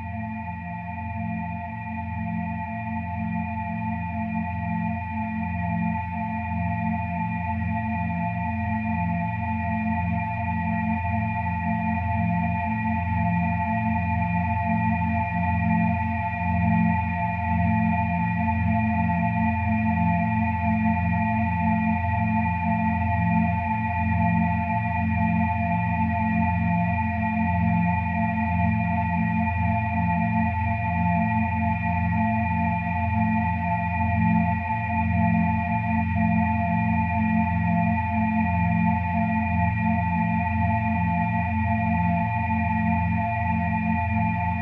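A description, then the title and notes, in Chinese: A singing bowl rings in a steady, sustained drone, with bright overtones held above a dense low hum and a faint pulsing shimmer throughout. 大肠结肠频率176Hz丨颂钵。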